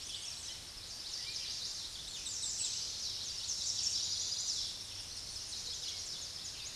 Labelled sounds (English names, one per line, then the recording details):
American Redstart song
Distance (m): 40 m
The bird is about 5 m above the microphone
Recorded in a Pennsylvania forest on 16 May 2024 at 06:30
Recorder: AudioMoth, point MSD-0263
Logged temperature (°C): 16.0 °C
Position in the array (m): 111 m, 239 m